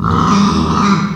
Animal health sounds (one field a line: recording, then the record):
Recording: squeal of a Yucatan mini pig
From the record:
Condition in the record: after surgery on the right vocal fold (resection and tissue-engineered implant)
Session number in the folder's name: 16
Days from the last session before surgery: 183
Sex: female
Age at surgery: 19 weeks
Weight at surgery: 25 kg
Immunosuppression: prednisolone